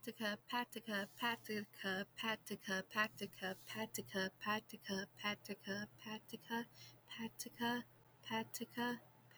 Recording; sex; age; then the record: repeated syllables /pa ta ka/; female; 20 to 29 years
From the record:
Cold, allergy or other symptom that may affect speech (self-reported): no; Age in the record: 25 years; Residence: North Carolina, United States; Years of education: 16